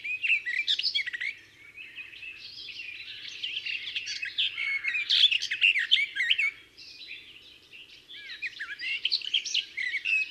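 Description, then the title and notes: Garden warbler song, a long, fast, mellow warbling run of varied notes that pauses briefly near two seconds and again near seven seconds before resuming. Discreet in plumage but a marvellous singer. "Observation sonore - La Fauvette des jardins. Rencontre avec la Fauvette des jardins (Sylvia borin)"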